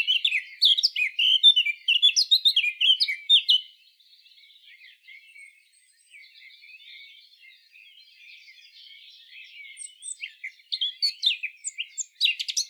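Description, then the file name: Eurasian blackcap singing a quick jumble of warbled notes for nearly four seconds, a long stretch of faint twittering, then another bright, varied warbling burst near the end. "Sylvia atricapilla"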